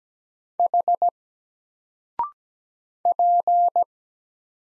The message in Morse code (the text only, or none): H P